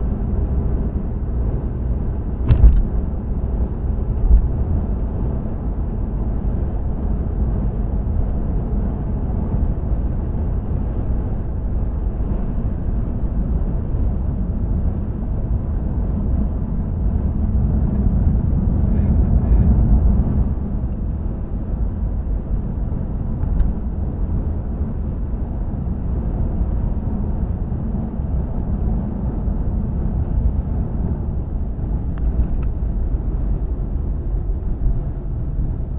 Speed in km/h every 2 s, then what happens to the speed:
71, 72, 74, 74, 76, 76, 74, 72, 71, 71, 69, 69, 68, 66, 64, 58, 52, 44.
27-36 slows to 44.